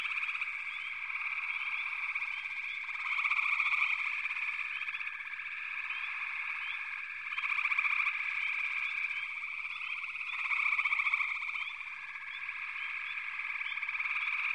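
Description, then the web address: Frog chorus of rapid pulsed trills and quick rising chirps, loud waves of trilling returning every few seconds over a constant background of callers. "Nature Songs Nature Sounds Sounds of Nature Collection 54 Froggies"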